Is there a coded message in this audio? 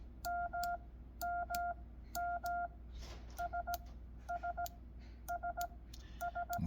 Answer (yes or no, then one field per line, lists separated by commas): yes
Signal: Morse code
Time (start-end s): 0.3-6.6 s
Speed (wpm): 16 wpm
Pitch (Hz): 700 Hz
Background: none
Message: M M M S S S S